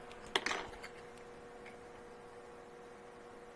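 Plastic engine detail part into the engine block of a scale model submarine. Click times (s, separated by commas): 0.4 s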